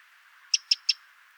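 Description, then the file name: Eurasian wren calling: three sharp, clicking tick notes given in quick succession over about a third of a second, with faint background hiss. "Troglodytes troglodytes"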